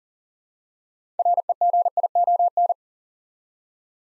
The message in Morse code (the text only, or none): REGION